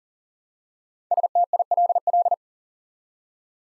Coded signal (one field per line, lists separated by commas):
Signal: Morse code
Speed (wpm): 38 wpm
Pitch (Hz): 700 Hz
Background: none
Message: STILL